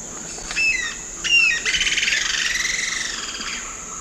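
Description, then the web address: White-eared jacamar song: two harsh, squealing notes, then a fast, rattling series of buzzy notes that slowly fades over about two seconds. Recorded in the eastern lowlands of South America. "Natures Songs S America Eastern Lowlands. Galbalcyrhynchus leucotis, song"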